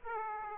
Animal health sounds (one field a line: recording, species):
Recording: mosquito wingbeat signal from an infrared sensor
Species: Aedes aegypti